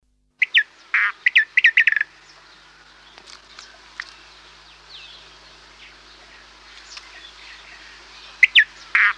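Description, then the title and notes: Many-colored rush tyrant territorial song: quick bursts of short, high, chirping notes in the first two seconds, a quiet stretch with faint calls, then another brief burst near the end. Territorial song of a tiny bird about 10 cm long, nesting among totora reeds and rushes in Chile, forages for insects in reedbed clearings; song rendered as piup prrr, piup, piup. "Siete Colores (canto Territorial). Hago mis nidos entre las totoras y los juncos. Soy el ave más colorida de Chile. piup prrr, piup, piup"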